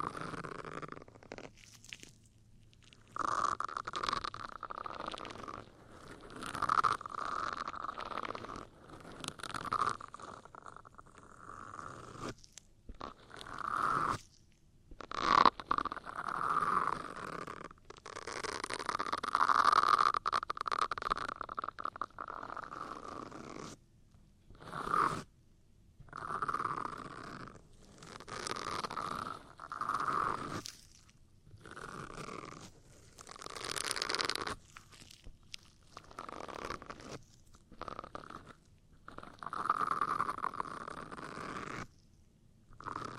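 Ear cleaning with dense, crackly rubbing and scratching in irregular bursts, broken by brief silent gaps, with occasional sharper clicks throughout.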